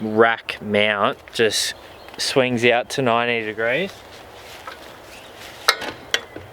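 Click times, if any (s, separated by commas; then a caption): 5.7 s, 6.1 s. Someone talks while the steel Yakima BackSwing swing-away hitch rack arm for a LiteRider 3 bike carrier, mounted on the rear bar hitch of a Nissan Patrol Wagon, is swung out to 90 degrees after the locking handle is undone and the pin pulled. It locks into its 90-degree stop with loud metallic hits at 5.7 s and 6.1 s, and the arm is seated.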